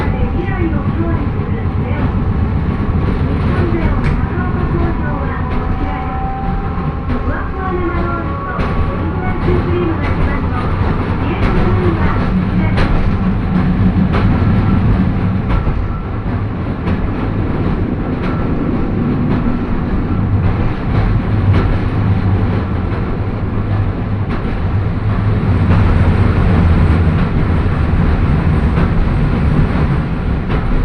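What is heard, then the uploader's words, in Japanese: A train with nose-suspended traction motors growls loudly as it runs, a dense, steady rumble heavy in the low end. Whining tones rise and shift through the middle, with rattling clicks scattered throughout, and the roar swells slightly louder near the end. 万葉線 高岡駅→越ノ潟。電車は吊りかけモーターなので中々の唸りをあげています。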